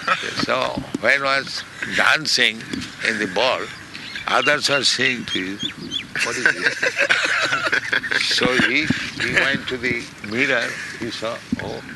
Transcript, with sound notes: So when was dancing in the ball, others were seeing his, "What is this?" [laughter] So he went to the mirror, he saw, "Oh?"